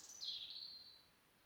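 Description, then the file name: European robin song: a brief, high, sweet phrase that starts higher and drops slightly before trailing away into quiet. "Erithacus rubecula"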